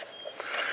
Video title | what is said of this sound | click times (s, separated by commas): 10 Garden Tips Using a Earth Way Seeder - Easy Organic Gardening Series 101 Tips & Secrets # 4 | and then it locks in place | 0.4 s